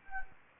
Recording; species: mosquito wingbeat signal from an infrared sensor; Anopheles gambiae